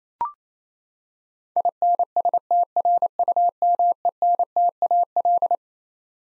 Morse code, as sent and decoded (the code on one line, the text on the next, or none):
.. -. ... - .-. ..- -- . -. - .- .-..
INSTRUMENTAL